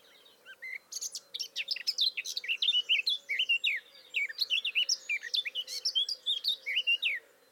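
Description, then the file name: Eurasian blackcap song, a sustained rapid stream of varied high warbling and whistled notes lasting around seven seconds without a break. "Sylvia atricapilla"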